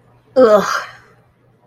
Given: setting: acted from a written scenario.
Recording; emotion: vocal sound without words; contempt